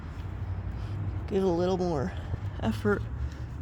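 A spark plug wire boot on a 1994 Ford Ranger 4.0L V6 is being pushed onto its ignition terminal by hand while someone talks over a steady low hum. The boot has not clicked or seated yet by the end of the clip.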